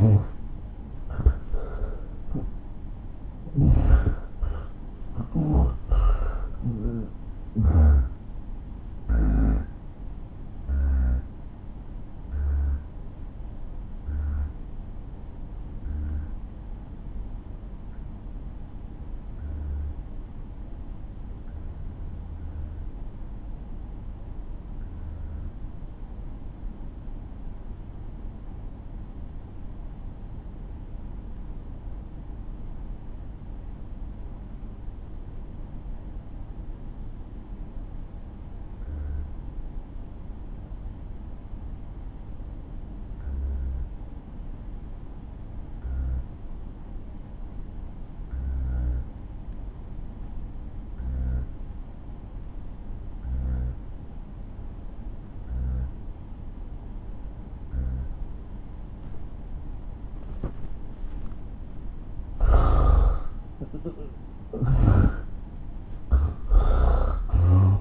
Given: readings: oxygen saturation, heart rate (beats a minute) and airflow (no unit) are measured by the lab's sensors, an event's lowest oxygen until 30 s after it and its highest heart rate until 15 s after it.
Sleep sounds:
breathing in sleep by a smartphone at the bedside; 1
6.00-62.90 s: hypopnea (N1, oxygen 95% highest, then 76% lowest)
21.00-51.00 s: new sleep stage, N2 (light sleep)
51.00-67.81 s: new sleep stage, N1 (lightest sleep)
From the record:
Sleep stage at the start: N1 (lightest sleep); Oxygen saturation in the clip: 79 to 95%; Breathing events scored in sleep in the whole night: 217 in 6.3 hours asleep

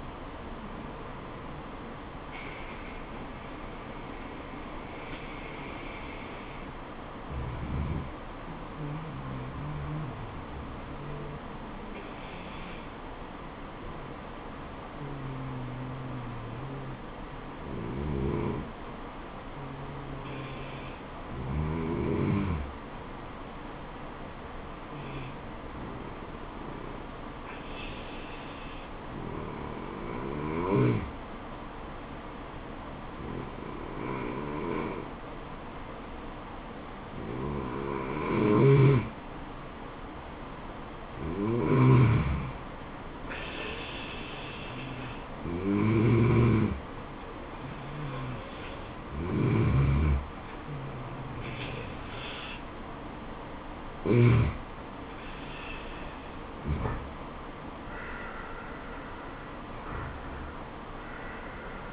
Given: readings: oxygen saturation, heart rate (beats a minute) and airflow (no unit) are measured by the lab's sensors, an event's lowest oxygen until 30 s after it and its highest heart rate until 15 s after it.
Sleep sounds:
breathing in sleep by a voice recorder at the bedside; 1
5.00-39.80 s: hypopnea (N1, oxygen 96% highest, then 91% lowest, heart rate 71 at the start, 80 highest)
40.00-61.93 s: new sleep stage, N2 (light sleep)
From the record:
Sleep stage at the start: N1 (lightest sleep); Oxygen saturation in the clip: 90 to 96%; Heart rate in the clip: 69 to 80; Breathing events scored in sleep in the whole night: 426 in 7.4 hours asleep

